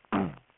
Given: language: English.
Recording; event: throat vibration sensor signal played as sound; throat clearing